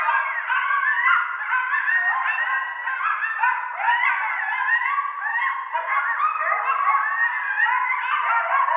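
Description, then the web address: Coyotes in a group chorus: dense overlapping yips, wavering howls and high yelps, rising and falling continuously throughout. Several coyotes recorded on 18 November 2012. "Coyote 2012 11 18 Coyotes"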